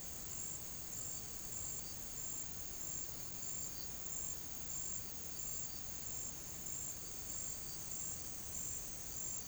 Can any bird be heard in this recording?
no